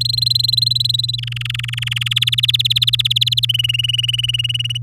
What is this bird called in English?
Domestic Canary